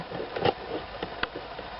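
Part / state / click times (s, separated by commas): cigarette lighter housing into centre console / seated / 1.2 s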